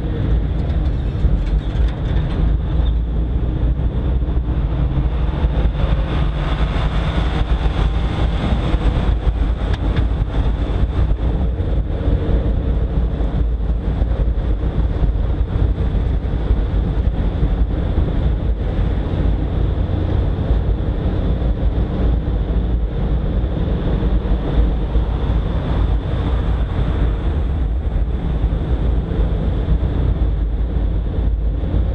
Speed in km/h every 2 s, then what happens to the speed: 20, 23, 24, 27, 31, 31, 30, 29, 30, 32, 33, 33, 32, 31, 32, 33.
0-8 speeds up to 31. 8-32 steady at about 31.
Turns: none.